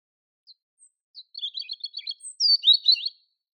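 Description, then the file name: European robin song, a few soft introductory notes, then a twittering run and a louder, higher liquid warble at the end. "Erithacus rubecula"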